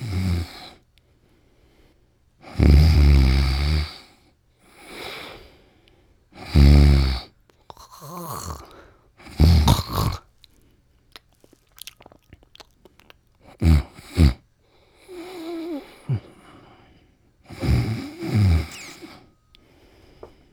Male snores various snores close up.